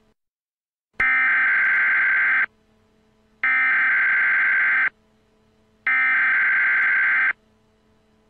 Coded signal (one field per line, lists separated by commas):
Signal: Emergency Alert System (SAME) tones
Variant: header bursts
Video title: YouTube Series Warning [First EAS Mock....Kinda]